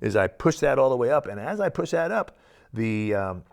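A man talks while pushing a pistol slide cover plate up into the rear of a pistol slide, over a new steel extractor, holding the spring-loaded striker spacer sleeve. Only his voice is heard; nothing has seated or clicked yet.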